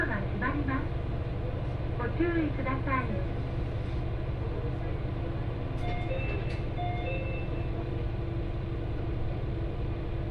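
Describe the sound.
A train rides the Etsumi-Hoku Line with a steady low rumble, brief voices early on, and faint high tones near the seventh second.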